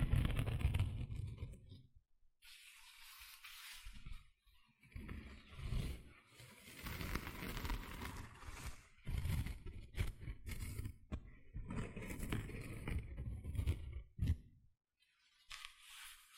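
Gentle scratching comes in irregular bursts of rough, hissy rubbing with a low rumble underneath, broken by brief silences around two, four and fourteen seconds.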